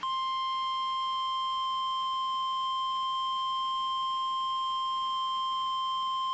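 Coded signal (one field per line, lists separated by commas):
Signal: Emergency Alert System (SAME) tones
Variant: 1050 Hz attention tone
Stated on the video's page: Severe thunderstorm warning broadcast on NOAA Weather Radio station, issued by the Tulsa, Oklahoma forecast office.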